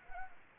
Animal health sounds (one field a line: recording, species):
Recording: mosquito wingbeat signal from an infrared sensor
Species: Anopheles arabiensis